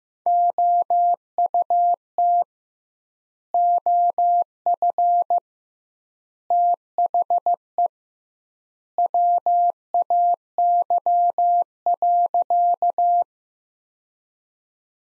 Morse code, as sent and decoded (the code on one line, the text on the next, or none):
--- ..- - / --- ..-. / - .... . / .-- .- -.-- .-.-.-
OUT OF THE WAY.